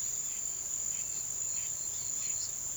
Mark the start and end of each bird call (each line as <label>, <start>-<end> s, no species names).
bird call, 0.00-2.76 s